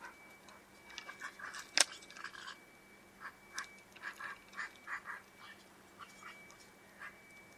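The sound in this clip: Bird calling with a quick run of short, clipped notes in uneven bursts, one sharp click partway through, a faint steady tone underneath.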